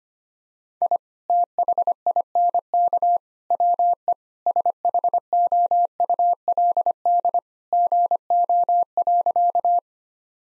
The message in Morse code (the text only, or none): I THINK WE SHOULD GO.